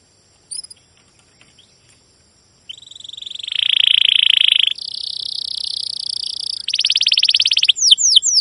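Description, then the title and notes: Domestic canary song: a short note and a few faint ticks, then a loud buzzy roll, a higher even trill, a rapid pulsed trill, and a run of quick descending sweeps. Long continuous chirping and rolling canary song, used as a lure to stimulate and tutor other canaries, including young birds learning sounds. "CUIT CUIT NGEROL LANGSUNG GACOR PANJANG Kenari Ini AMPUH Utk Pancingan KENAR. PANCINGAN Kenari GACOR PANJANG Cuit CUIT EMOSI ini AMPUH utk MASTERAN Kenari PAUD belajar BUNYI. burung kenari"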